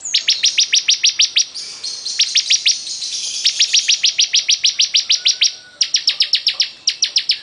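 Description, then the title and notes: Bar-winged prinia singing fast runs of piercing high notes, each burst a steady string of clipped chips with brief gaps between. Singing vigorously ('gacor'). "Suara Burung Ciblek Gacor"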